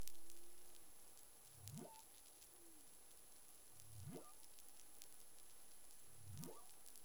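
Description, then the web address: Humpback whale calls: three low grunts each sweeping sharply upward, repeated about every two and a half seconds, with a soft steady moan early on and crackling underwater clicks. In the Caribbean, 25 February 2021, 11:17 UTC. "CARIMAM. humpback whale 20210225 111728 UTC"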